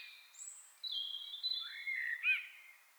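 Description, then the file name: Common blackbird giving thin, high drawn-out whistles that lead into a short mellow warble ending on a sharp note. "Turdus merula"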